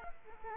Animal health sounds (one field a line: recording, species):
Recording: mosquito wingbeat signal from an infrared sensor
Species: Culex quinquefasciatus